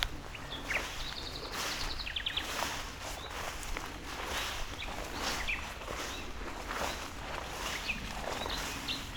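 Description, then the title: Common nightingale song, a rapid repeated series of high notes early on, then scattered chirps, with rustling footsteps through grass and low background rumble. Singing in tall grass near Chindrieux, France; recordist walking through grass to approach it; deaf to outside noise while singing; airliners and an accelerating vehicle on a road in background. "195 Rue de Vars, 73310 Chindrieux, France - approche d'un rossignol"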